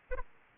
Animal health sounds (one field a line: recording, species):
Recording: mosquito wingbeat signal from an infrared sensor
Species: Aedes aegypti